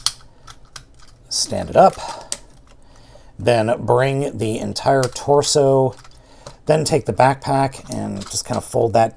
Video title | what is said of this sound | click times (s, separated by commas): I wasted another $60.00 so you don't have to! - GoGo DINO KING EXPLORERS - GoGoKing | Extend the legs as far as they will go. They will snap into place, like that. | 0.1 s, 0.8 s